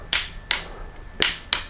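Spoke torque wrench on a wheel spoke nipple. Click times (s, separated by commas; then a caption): 0.1 s, 0.5 s, 1.2 s, 1.5 s. A spoke torque wrench fitted correctly onto a spoke nipple of a 1983 BMW R80ST motorcycle wheel is turned, and its clicker gives four sharp metallic clicks at 0.1, 0.5, 1.2 and 1.5 seconds. The wrench clicks at its torque setting as it is turned, and no one talks during the clip.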